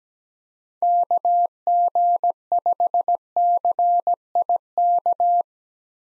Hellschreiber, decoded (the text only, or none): none